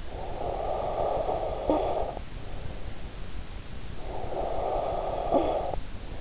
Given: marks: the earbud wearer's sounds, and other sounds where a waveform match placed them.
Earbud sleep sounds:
sounds in sleep by an in-ear microphone; snoring breath
0.00-2.31 s: snoring breath
3.73-6.08 s: snoring breath

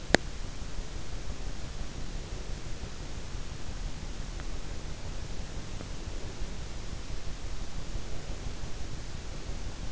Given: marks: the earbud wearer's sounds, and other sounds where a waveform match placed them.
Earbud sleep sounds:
sounds in sleep by an in-ear microphone; teeth grinding
0.00-0.40 s: teeth grinding

